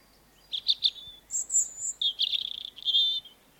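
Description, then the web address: European robin singing a liquid, varied phrase of high twittering notes, thin whistles and a rapid trill, over a steady soft background hiss. "Sound Effects-BBC Birds Robins"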